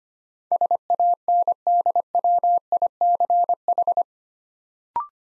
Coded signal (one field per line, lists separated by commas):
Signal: Morse code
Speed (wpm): 25 wpm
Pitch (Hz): 700 Hz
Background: none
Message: SANDWICH